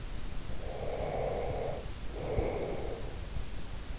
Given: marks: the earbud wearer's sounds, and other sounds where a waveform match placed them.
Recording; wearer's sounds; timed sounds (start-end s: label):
sounds in sleep by an in-ear microphone; breath
0.46-3.12 s: breath